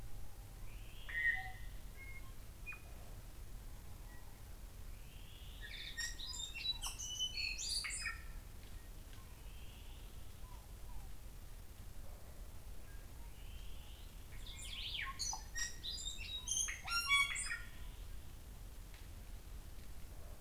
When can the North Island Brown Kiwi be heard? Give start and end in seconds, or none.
none